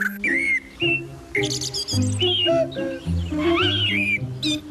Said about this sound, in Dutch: Dit is het niet hoor, dit zijn gewoon de vogels. Dit vinkies. Was hem niet? Oh, okay. Nee, dit zijn de vinkjes.